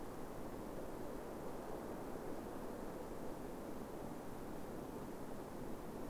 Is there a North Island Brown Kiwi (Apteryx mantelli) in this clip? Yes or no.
no